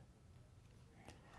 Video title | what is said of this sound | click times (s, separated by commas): Redline RL2 DTM 3 Pin Compound Bow Sight | lock it into place | 1.1 s